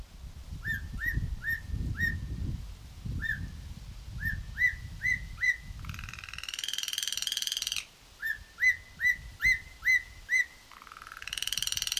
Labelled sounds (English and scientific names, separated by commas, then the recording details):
Black-collared Starling (Gracupica nigricollis)
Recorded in captivity
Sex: group
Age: adult
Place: Tierpark Berlin, Berlin, DE
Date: 2002-09-16 14:00
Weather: overcast, partly cloudy, ca. 16 - 17°C
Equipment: Nagra SN, Kopie Uher 4000 Report Monitor
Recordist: Tembrock, Günter
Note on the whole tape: Mehrere Tiere: Gesang und diverse Lautformen (Entfernung 3 - 6 m)